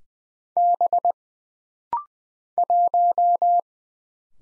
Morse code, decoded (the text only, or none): B 1